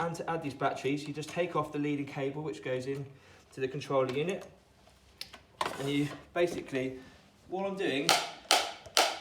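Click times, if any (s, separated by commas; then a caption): 8.5 s, 9.0 s. Someone talks while unclipping the battery pack from a folding LITH-TECH Smart Chair 2 electric wheelchair, after the leading cable to the control unit is taken off, releasing the clips that catch on lips in the housing. Two sharp tap-like clicks sound at 8.5 s and 9.0 s as the battery pack clips release.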